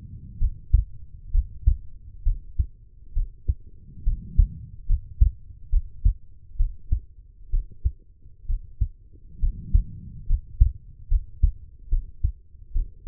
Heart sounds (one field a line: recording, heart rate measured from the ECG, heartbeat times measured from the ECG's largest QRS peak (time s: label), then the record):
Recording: heart sounds by stethoscope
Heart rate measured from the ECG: 68 bpm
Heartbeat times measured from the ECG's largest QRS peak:
0.38 s: heartbeat
1.31 s: heartbeat
2.23 s: heartbeat
3.13 s: heartbeat
4.03 s: heartbeat
4.86 s: heartbeat
5.70 s: heartbeat
6.56 s: heartbeat
7.50 s: heartbeat
8.46 s: heartbeat
9.39 s: heartbeat
10.26 s: heartbeat
11.08 s: heartbeat
11.89 s: heartbeat
12.72 s: heartbeat
From the record:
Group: healthy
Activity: rest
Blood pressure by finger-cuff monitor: 111/75 mmHg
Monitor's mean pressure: 85 mmHg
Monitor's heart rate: 69 bpm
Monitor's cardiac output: 5.1 L/min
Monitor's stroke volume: 75 mL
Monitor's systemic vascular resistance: 1210 dyn s/cm5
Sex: female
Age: 23 years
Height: 160 cm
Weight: 50.4 kg